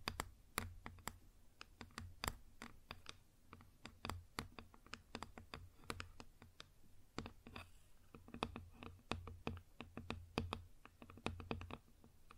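Quick, irregular tapping on a wood surface, sharp clicks arriving in dense bursts throughout, with a low hum underneath.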